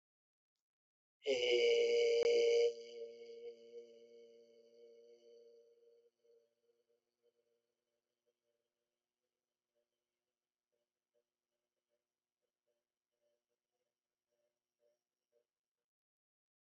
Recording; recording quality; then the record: sustained vowel as in made; excellent, no background noise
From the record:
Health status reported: healthy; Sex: male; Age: 37 years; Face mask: not worn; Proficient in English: yes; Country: India